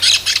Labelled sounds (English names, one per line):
Brown-throated Parakeet contact call